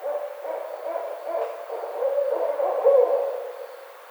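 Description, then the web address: Barred owl hooting: low hoots repeated in a loose rhythm, rising in loudness to a prolonged, wavering hoot before fading. Recorded on 29 May 2009. "Barred Owl 2009 05 29"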